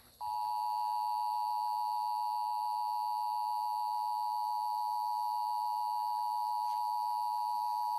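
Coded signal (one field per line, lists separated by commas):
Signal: Emergency Alert System (SAME) tones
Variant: 853 and 960 Hz attention tone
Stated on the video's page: Required Monthly Test for the Sacramento area, originated on an AM station and relayed on the FM station tuned.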